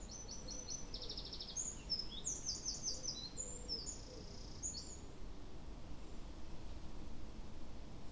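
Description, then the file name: Eurasian wren giving a rapid string of very high trills and sharp metallic notes for about five seconds, then stopping, over a steady low rumble. "Troglodytes troglodytes"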